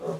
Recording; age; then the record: pig call; piglet (1 to 25 days)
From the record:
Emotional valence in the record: positive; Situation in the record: huddling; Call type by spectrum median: low-frequency call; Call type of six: low-frequency stable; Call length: 0.21 s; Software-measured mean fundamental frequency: 62 Hz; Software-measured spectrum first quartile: 293 Hz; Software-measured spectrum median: 447 Hz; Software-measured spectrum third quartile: 635 Hz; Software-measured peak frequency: 411 Hz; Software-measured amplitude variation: 119 dB a second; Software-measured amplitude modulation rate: 12.1 a second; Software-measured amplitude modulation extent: 9.9 dB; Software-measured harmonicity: 3.6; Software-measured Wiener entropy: -0.44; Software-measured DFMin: 914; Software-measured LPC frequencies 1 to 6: 487, 1073, 2752, 3557, 5439, 6285 Hz